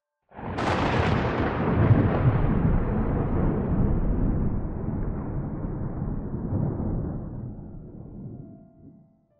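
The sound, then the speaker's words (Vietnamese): A loud, sudden thunderclap bursts out, then rolls and rumbles heavily for several seconds before slowly fading away. No voices are present. “Tiếng sấm vang trời, Chu Rai sững người lặng đi, vì nghĩ mình sẽ phải chết.”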